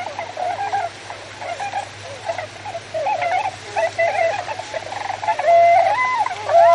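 Tundra swan chorus of overlapping hoots and short bugling notes, with louder, clearer drawn-out calls rising above the flock in the final seconds.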